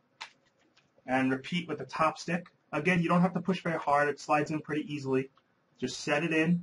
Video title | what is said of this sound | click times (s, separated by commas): Video Replacing Laptop Memory Part 2 - Installing New Memory Sticks | and as you slide down you'll hear it click into place as the pins lock | 0.2 s